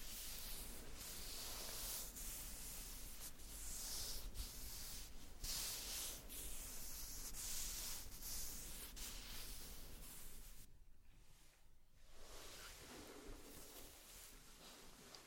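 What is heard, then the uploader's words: Makeup application with no talking: soft, dense brushing and rubbing strokes sweep steadily with a bright, airy hiss, broken by brief pauses roughly every second. Past the ten-second mark the strokes thin out and quieten, with a near-silent gap before gentler rubbing resumes. ASMR Doing Your Makeup , Pure Sounds , No Talking.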